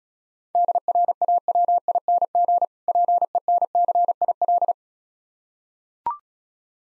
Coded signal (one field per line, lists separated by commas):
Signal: Morse code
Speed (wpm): 36 wpm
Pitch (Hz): 700 Hz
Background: none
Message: DRAWING PENCIL